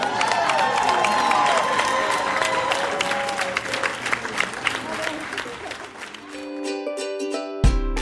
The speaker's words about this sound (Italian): Un bel applauso